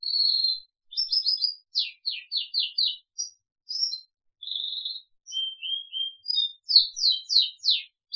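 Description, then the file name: Crested canary song mixing level whistles with rapid runs of short descending notes and scattered high chirps, delivered almost without pause. "audio kenari jambul"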